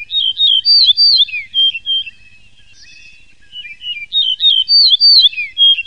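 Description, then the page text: Yellow-breasted bunting song, a rapid run of clear rising and falling whistled notes, then a short pause and a repeat of the phrase. "Голоса птиц - Овсянка - дубровник"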